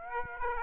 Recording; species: mosquito wingbeat signal from an infrared sensor; Aedes aegypti